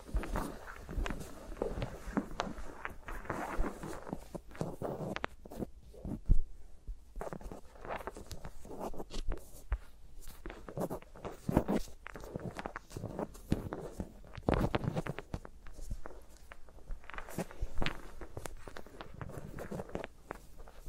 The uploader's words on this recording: ASMR with Mics Around My Fingers (No Talking).